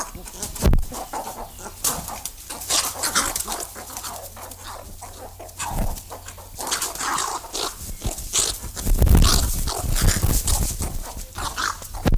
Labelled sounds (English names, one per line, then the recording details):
Western Cattle Egret
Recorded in captivity
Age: adult
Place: Tierpark Berlin, Berlin, DE
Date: 2002-03-17 15:36
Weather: sunny, 14°C
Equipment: Sony WM-D6C, Sennheiser MKH 416, Kopie Uher 4000 Report Monitor
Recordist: Tembrock, Günter